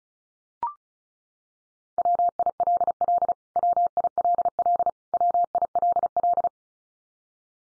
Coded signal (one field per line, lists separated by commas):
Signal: Morse code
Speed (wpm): 34 wpm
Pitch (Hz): 700 Hz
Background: none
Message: WILL WILL WILL